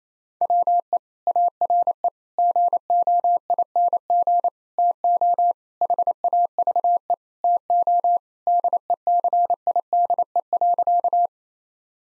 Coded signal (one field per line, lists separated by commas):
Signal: Morse code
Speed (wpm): 28 wpm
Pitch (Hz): 700 Hz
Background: none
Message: WE ARE GOING TO HAVE TO DECIDE.